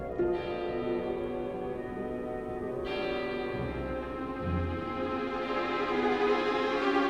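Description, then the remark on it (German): A tower clock bell strikes slowly, each heavy stroke leaving a long, humming ring of overtones that overlaps the next. There is no talking. “Eine Turmuhr.”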